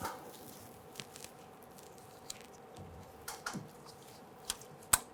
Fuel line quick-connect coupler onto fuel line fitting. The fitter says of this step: That is locked into place.